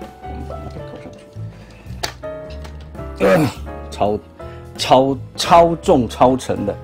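A plastic weapon accessory is pressed onto the hand of a Transformers Legacy Titan Class Metroplex robot toy through its peg-and-socket fit, giving a sharp click at 2.0 s as it seats. Someone talks over background music throughout.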